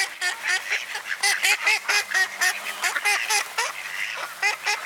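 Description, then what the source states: Ducks quacking, many short nasal calls overlapping in quick bursts, with a busy, hissing chatter of high sounds throughout. Ducks at a pond (mlaka) in Borov gozdiček.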